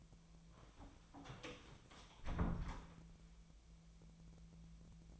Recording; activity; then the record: daily activity, microphone in the room; close door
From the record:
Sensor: 1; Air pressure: 1000.4 hPa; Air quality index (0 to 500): 181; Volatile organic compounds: 4 ppm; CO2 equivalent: 1672 ppm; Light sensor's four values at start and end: 12/29/12/14 and 12/28/12/14